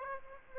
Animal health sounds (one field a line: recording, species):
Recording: mosquito wingbeat signal from an infrared sensor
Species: Aedes aegypti